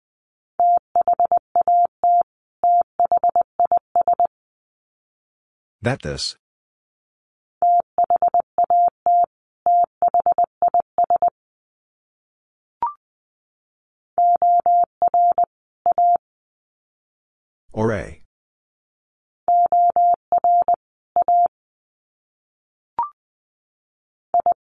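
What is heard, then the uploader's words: Words sent in Morse code as steady mid-pitched beeps in bursts, with two brief loud crackling bursts near six and eighteen seconds. Sets of 2 Words 20wpm. First, the words are sent in Morse code. Finally, it is sent again in Morse code.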